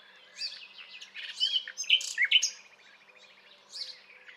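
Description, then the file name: Common nightingale singing varied chirps, whistles and a buzzy trill, loudest in the middle, with quieter sparse notes before and after. "Luscinia megarhynchos"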